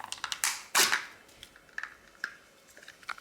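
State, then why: Not seated. A black ink cartridge is handled at the carriage of a Canon TR4550 printer, ready to be pressed in. A loud rustling, scraping burst runs from about 0.4 to 1.0 s, followed by small scattered ticks and taps. Nothing has seated or clicked into place yet.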